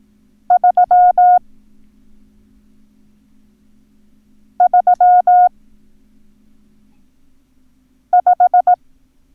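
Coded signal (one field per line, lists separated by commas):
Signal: Morse code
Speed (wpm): 18 wpm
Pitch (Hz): 720 Hz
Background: none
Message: 3 3 5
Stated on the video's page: Morse code lesson teaching the numbers 3, 5 and 7.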